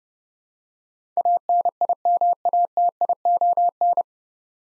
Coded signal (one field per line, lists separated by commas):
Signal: Morse code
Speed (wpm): 30 wpm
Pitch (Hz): 700 Hz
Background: none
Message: ANIMATION